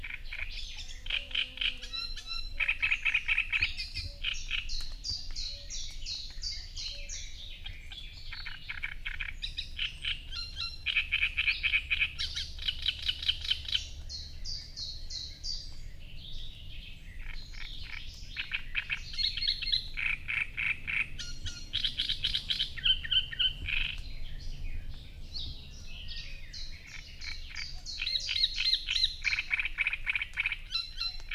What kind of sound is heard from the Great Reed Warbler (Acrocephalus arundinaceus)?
song